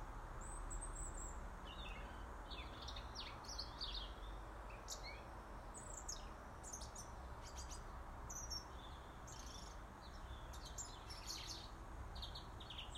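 Robin giving a loose series of high, thin chirps and brief falling notes, sometimes bunched in quick clusters, over a continuous low hum and hiss.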